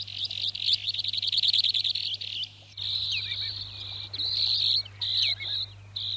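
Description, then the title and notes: Broad-billed sandpiper producing a fast, pulsing buzzy trill that breaks off, then resumes as separate buzzy bursts with a few lower chirps; low hum throughout. "Viikon luontoääni: Jänkäsirriäinen. Pertti Koskimies"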